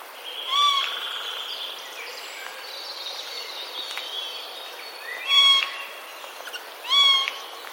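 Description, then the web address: Eurasian jay calling: a short, nasal, level note, then a pause, then two more close together, with quiet bird chatter and hiss behind. Recorded on 30 March 2021. "wroblowe ostrzegator sojka 30 03 2021"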